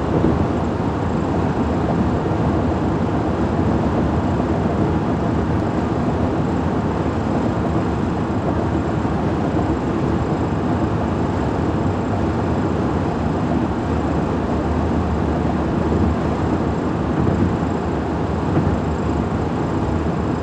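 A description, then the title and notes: Steady highway road noise fills the whole stretch, a dense, unbroken roar of passing traffic weighted toward the low and middle range. The level barely shifts, with only slight swells, and no single vehicle stands out from the continuous rumble. Travel with me from Central Phoenix to my office in Chandler, Arizona. It’s mostly highway so great amount of ambient sounds coming from the road in my Ford F-150 pickup truck.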